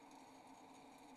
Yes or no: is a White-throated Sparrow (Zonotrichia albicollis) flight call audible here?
no